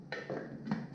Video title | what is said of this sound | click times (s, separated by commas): EP-232 UNBOXING HAND BLENDER SET 70%OFF #motodekxvlogs | lock siya ganyan naka-lock na | 0.1 s